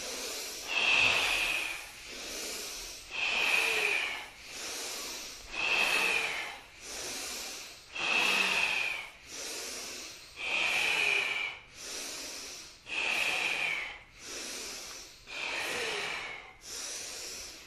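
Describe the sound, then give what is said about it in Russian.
Forceful, noisy breaths repeat in a steady rhythm, about one every second or so, each a loud hissing rush of air with a slight whistly edge, with no talking, during a candle-blowing breathing exercise in a kriya meditation practice. “Мощнее вдох. Вот специально свечки, чтобы задули. Вдох мощнее.”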